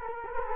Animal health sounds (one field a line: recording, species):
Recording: mosquito wingbeat signal from an infrared sensor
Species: Culex quinquefasciatus